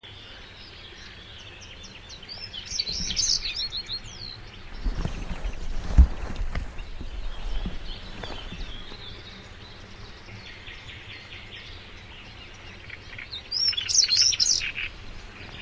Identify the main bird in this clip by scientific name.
Saxicola rubicola